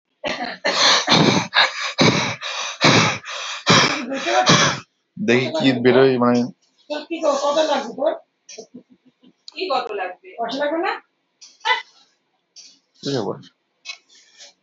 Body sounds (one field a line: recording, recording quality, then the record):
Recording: shallow breathing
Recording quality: moderate, slight background noise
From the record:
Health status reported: respiratory illness, not identified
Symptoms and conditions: none ticked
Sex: male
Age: 35 years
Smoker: not ticked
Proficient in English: yes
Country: India